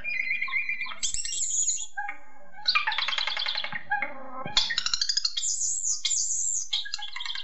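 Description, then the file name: Common starling song, a dense jumble of harsh rattles, wheezy notes and high squeals, pouring out almost without pause. Song variations. "jalak eropa suara variasi"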